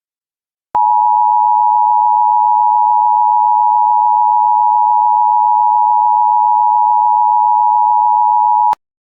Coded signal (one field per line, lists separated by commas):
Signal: Emergency Alert System (SAME) tones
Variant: 853 and 960 Hz attention tone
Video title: EAS Child Abduction Emergency (AMBER Alert) Lawton, Oklahoma Statewide Alert (Two Children)